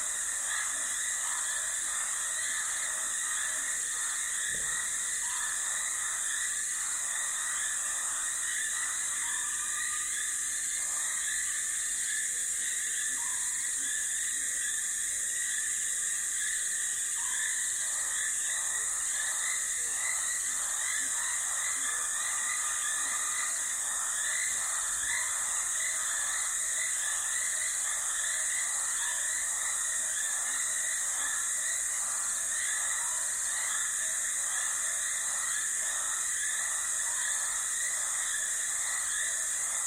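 Dense, unbroken chorus of frogs and insects beside a dry stretch of the Limpopo River at the start of the rainy season. A high, shrill whine holds steady throughout, layered with pulsing trills and croaks in the middle range. A brief low thump comes around five seconds.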